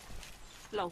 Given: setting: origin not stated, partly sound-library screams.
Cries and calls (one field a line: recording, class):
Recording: one-second piece from a danger detection set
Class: normal situation